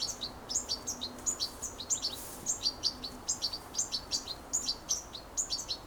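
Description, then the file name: European goldfinch giving high, tinkling twittered calls, short notes dropping in pitch, several each second in a lively, uneven stream over a soft hiss. "Carduelis carduelis"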